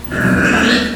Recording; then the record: squeal of a Yucatan mini pig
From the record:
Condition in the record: after surgery on the right vocal fold (resection and tissue-engineered implant); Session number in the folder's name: 5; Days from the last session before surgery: 33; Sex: female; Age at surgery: 19 weeks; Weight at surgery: 25 kg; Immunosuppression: prednisolone